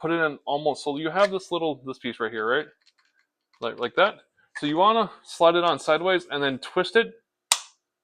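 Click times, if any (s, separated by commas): 7.5 s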